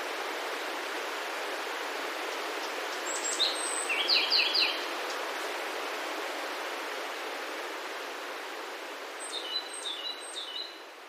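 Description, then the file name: Japanese robin song: two short phrases of rapid high notes, one near the start and one near the end, separated by steady hiss. "akahige"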